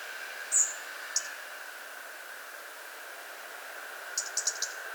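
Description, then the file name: European robin giving a thin high note, then a quick run of sharp ticking clicks near the end, over a steady low hiss. "Erithacus rubecula"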